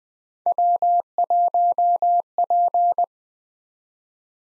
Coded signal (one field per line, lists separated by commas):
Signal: Morse code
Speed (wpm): 20 wpm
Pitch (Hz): 700 Hz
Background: none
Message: W1P